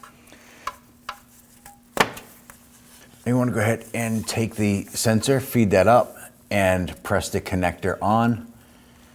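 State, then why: Not seated. Someone handles a new crankshaft position sensor and its electrical connector on a 2010-2019 Ford Taurus 3.5L V6, feeding the sensor up to press the connector onto it. A few short handling taps and one sharper hit sound in the first 2.5 seconds, followed by someone talking. The connector has not clicked or seated onto the sensor yet by the end of the clip.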